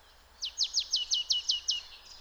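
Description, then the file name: Marsh Tit calling: a quick run of about eight sharp, high, downward-slurred notes delivered evenly in just over a second. "Poecile palustris"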